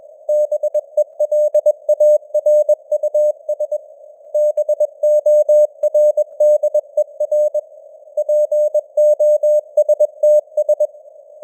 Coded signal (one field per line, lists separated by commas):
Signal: Morse code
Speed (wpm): 21 wpm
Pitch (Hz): 600 Hz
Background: none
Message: BELARUS BORDER POSTS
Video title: Morse Code News | 2025-10-25 | 21wpm